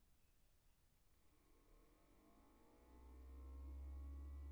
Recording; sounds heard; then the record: poultry house recording; no chicken sound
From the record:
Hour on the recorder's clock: 21